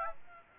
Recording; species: mosquito wingbeat signal from an infrared sensor; Aedes aegypti